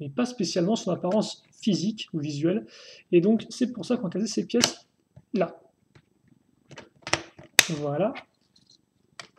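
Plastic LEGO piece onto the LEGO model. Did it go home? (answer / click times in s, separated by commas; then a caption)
yes / 9.2 s. Someone talks while pressing a plastic LEGO piece onto a LEGO model, with a few faint handling taps and knocks in between. At 9.2 seconds the piece clips in with a sharp snap, seating securely.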